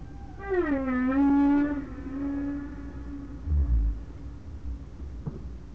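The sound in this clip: Whale call: a descending harmonic moan settling into a long steady tone, followed by a short low grunt and quieter rumbling.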